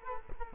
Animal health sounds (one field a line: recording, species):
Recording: mosquito wingbeat signal from an infrared sensor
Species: Culex quinquefasciatus